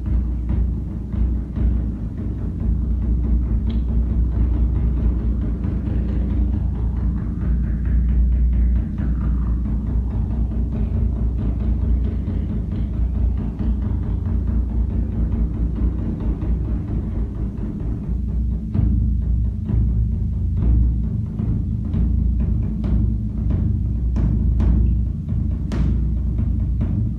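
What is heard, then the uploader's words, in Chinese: The evening drum at Yaoshan Temple, struck before the night's rest, sounds as a dense, unbroken low rumble lasting the whole clip. A faint tone rises and falls around 6–11 seconds, and sharp clicking taps grow frequent after about 18 seconds. 藥山暮鼓。藥山寺每晚在就寢（養息）前都會叩暮鼓，而擊鼓人每次叩擊都會使得鼓聲順應自身的心境。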